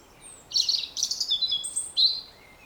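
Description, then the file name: European robin song: a thin, high, tinkling phrase of quick varied notes, some sliding and trilled, ending with a brighter burst near two seconds; faint background hiss. "Erithacus rubecula"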